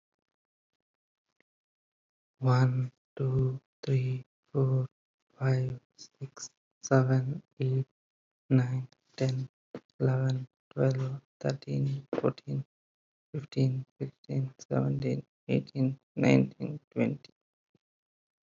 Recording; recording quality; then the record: counting at a normal pace; excellent, no background noise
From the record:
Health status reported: respiratory illness, not identified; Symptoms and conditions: asthma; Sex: male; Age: 26 years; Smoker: not ticked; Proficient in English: yes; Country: United States